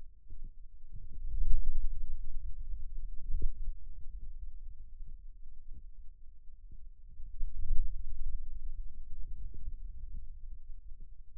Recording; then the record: forearm muscle sounds (acoustic myography)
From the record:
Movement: hand closing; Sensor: system 2, bracelet of six BSWA MPA416 microphones around the upper forearm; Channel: 1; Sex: male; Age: 22 years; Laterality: right